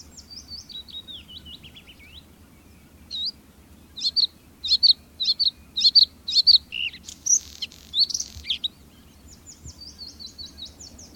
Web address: blauwborst blauwborst